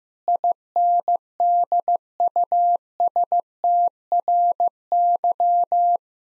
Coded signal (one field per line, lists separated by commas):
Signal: Morse code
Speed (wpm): 14 wpm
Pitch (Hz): 700 Hz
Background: none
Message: INDUSTRY